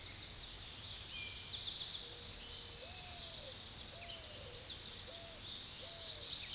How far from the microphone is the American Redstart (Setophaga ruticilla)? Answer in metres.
about 25 m